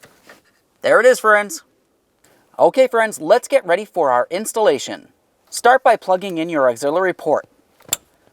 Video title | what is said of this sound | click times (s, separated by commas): How to Replace Auxiliary Outlet 2003-2011 Mercury Grand Marquis | Listen for a click and give that connector a nice tug to make sure it's secure. | 7.9 s